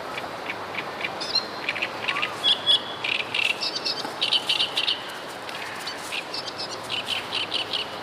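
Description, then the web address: Great reed warbler song, a chattering run of rasping, squeaky phrases repeated in quick irregular bursts almost throughout, over faint steady background noise. "wroblowe kolekcja trzciniak"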